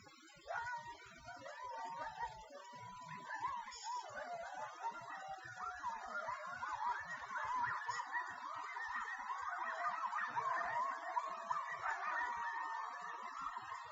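Coyote chorus: a few long howls build into a dense jumble of yips, yelps and wavering howls that continues to the end.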